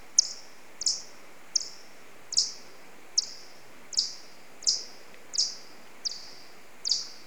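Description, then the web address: Alcathoe bat echolocation: about ten short, sharp chirps spaced under a second apart in a fairly even rhythm over soft background hiss. "Pole Plecotus Echos des rhinos Son Alcathoe 2 Quentin Smits"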